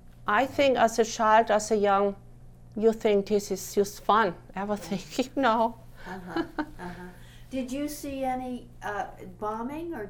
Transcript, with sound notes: I think as a child, as a young, you think this is just fun. Everything, you know (laughs)
Did you see any bombing?